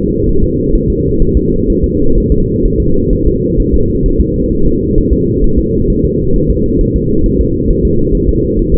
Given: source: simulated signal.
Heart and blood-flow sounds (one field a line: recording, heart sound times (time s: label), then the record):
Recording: fetal heart sounds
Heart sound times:
0.29 s: S1
0.44 s: S2
0.75 s: S1
0.90 s: S2
1.22 s: S1
1.37 s: S2
1.70 s: S1
1.84 s: S2
2.18 s: S1
2.32 s: S2
2.66 s: S1
2.80 s: S2
3.13 s: S1
3.27 s: S2
3.60 s: S1
3.74 s: S2
4.06 s: S1
4.21 s: S2
4.52 s: S1
4.67 s: S2
4.98 s: S1
5.13 s: S2
5.44 s: S1
5.59 s: S2
5.90 s: S1
6.05 s: S2
6.36 s: S1
6.50 s: S2
6.81 s: S1
6.96 s: S2
7.26 s: S1
7.41 s: S2
7.71 s: S1
7.85 s: S2
8.15 s: S1
8.29 s: S2
8.59 s: S1
8.74 s: S2
From the record:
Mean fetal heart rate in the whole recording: 130 bpm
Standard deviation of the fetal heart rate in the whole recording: 4 bpm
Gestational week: 38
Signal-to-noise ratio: -16.4 dB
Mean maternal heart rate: 72 bpm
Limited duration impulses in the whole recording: present